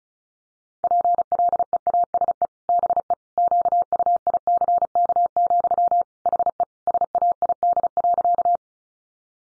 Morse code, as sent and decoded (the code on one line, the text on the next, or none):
.--. .-.. . .- ... . / -... . / --.- ..- .. -.-. -.- --..-- / .... . / ... .- .. -.. .-.-.-
PLEASE BE QUICK, HE SAID.